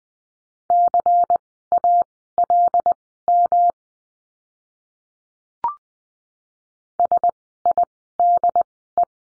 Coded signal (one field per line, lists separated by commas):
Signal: Morse code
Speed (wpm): 20 wpm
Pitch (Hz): 700 Hz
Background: none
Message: CALM SIDE